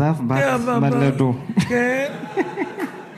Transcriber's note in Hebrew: צחוק